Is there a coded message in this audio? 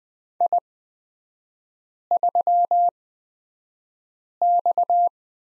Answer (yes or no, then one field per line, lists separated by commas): yes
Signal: Morse code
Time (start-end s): 0.4-5.1 s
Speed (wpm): 20 wpm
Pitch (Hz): 700 Hz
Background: none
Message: I3X